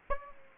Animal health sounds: mosquito wingbeat signal from an infrared sensor; Aedes aegypti

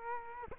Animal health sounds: mosquito wingbeat signal from an infrared sensor; Culex quinquefasciatus

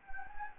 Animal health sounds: mosquito wingbeat signal from an infrared sensor; Anopheles gambiae

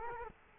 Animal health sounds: mosquito wingbeat signal from an infrared sensor; Culex quinquefasciatus

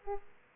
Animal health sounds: mosquito wingbeat signal from an infrared sensor; Aedes aegypti

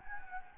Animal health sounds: mosquito wingbeat signal from an infrared sensor; Anopheles gambiae

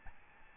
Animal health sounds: mosquito wingbeat signal from an infrared sensor; Aedes albopictus

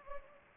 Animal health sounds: mosquito wingbeat signal from an infrared sensor; Anopheles gambiae

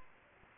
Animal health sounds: mosquito wingbeat signal from an infrared sensor; Anopheles gambiae

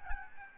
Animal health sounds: mosquito wingbeat signal from an infrared sensor; Aedes albopictus

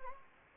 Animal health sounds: mosquito wingbeat signal from an infrared sensor; Anopheles gambiae

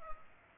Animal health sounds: mosquito wingbeat signal from an infrared sensor; Culex pipiens

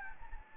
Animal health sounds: mosquito wingbeat signal from an infrared sensor; Anopheles gambiae

